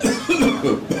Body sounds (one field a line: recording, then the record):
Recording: coughing mixed with background sound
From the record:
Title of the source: Spring Cold Coughing.